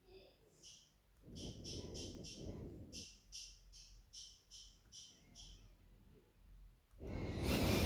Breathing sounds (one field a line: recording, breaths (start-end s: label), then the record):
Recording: nose breathing near a microphone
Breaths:
0.00-1.04 s: inhalation
1.04-2.99 s: exhalation
4.71-6.80 s: inhalation
6.80-7.86 s: exhalation
From the record:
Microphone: phone